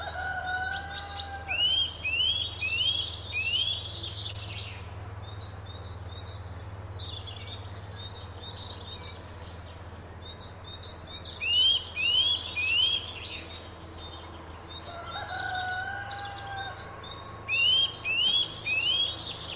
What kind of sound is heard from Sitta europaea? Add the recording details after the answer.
song. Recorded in the wild. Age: adult. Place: Bled, SI. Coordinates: 46.37, 14.11. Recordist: Brunner, Thomas